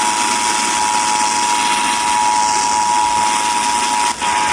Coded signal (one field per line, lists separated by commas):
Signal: Emergency Alert System (SAME) tones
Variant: 853 and 960 Hz attention tone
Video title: EAS- Los Angeles County Required Monthly Test (RMT) on KFI, KLOS, KRTH, and KOST-FM